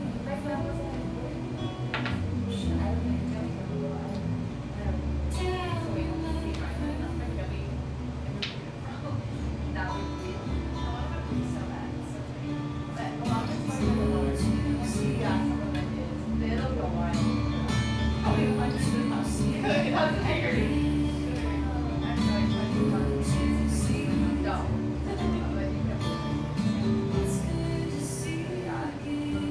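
Café sounds from a little drip coffee joint in eastern Seattle: a steady wash of overlapping voices and low murmur runs throughout. Short clinks and clatters pop up often, and the room grows somewhat louder and busier after about fourteen seconds.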